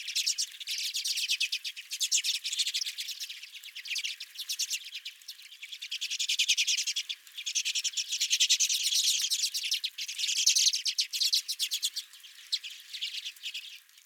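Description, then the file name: Redpoll flock chatter, fast dry chips running almost nonstop, rising and falling in intensity, fading at the close. Redpolls at the recordist's feeder. "Redpolls at My Feeder"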